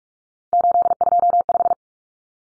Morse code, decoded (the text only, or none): 825